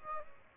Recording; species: mosquito wingbeat signal from an infrared sensor; Aedes albopictus